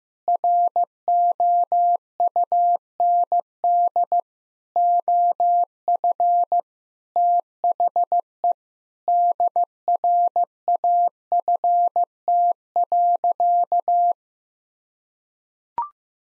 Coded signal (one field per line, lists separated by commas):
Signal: Morse code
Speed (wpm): 15 wpm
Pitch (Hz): 700 Hz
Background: none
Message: ROUND OF THE DRAFT.